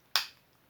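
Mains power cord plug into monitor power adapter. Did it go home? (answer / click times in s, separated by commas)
yes / 0.2 s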